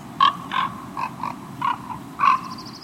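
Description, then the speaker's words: Common Raven uttering a series of soft, short, gurgling knocking notes, about seven in under three seconds, irregularly spaced, with a faint higher rattle at the end. Illustrates ravens' softer side; ravens probably mate for life. "But ravens have their softer side, too."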